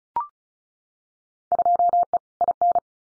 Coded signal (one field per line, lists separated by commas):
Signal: Morse code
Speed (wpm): 34 wpm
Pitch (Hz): 700 Hz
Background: none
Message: 2E IN